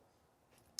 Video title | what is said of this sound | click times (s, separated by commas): 2020 Northern Lite 10 2 CE LE - Technician Tour | you lift it you'll hear a click and there's about you know generally like three to four positions | 0.8 s